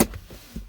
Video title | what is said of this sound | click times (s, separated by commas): HAZARD LIGHTS, SIGNAL LIGHTS, DOOR CHIME SPEAKER REPLACEMENT | just put back into this end also first and then it just should snap right in there | 0.0 s